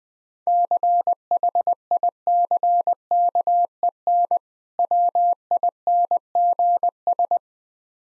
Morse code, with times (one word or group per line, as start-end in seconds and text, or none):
0.5-4.4 CHICKEN
4.8-7.4 WINGS